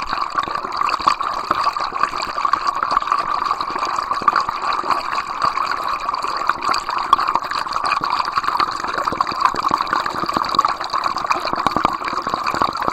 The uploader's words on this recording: A baby river near Faja Grande. I am currently in quarantine on an island in the middle of the Atlantic ocean - Flores, Azores.